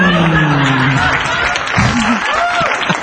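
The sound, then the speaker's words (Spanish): A crowd at a costume party applauds the winner of the best costume award with a steady, dense wash of clapping that lasts about three seconds, with voices calling out and chattering through the noise. “Pedimos un fuerte aplauso para la gelatina de limón.”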